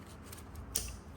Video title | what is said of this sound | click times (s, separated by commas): Installing INJEN SP COLD AIR INTAKE For My 2022 HONDA CIVIC Si | You're gonna hear that click, that means it's secured. | 0.8 s